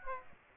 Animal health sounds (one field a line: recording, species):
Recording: mosquito wingbeat signal from an infrared sensor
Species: Aedes aegypti